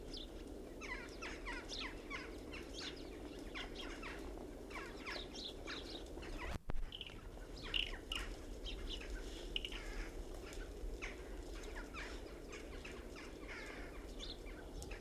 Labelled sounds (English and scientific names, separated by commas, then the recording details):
Chinese Water Deer (Hydropotes inermis)
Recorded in captivity
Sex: male
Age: adult
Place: Tierpark Berlin, Berlin, DE
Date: 1968-12-28 11:00
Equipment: Uher 4200 Report Stereo, Sennheiser MD 421
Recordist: Tembrock, Günter